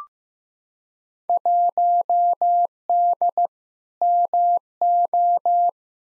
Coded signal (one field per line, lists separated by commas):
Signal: Morse code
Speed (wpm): 15 wpm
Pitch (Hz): 700 Hz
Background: none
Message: 1D MO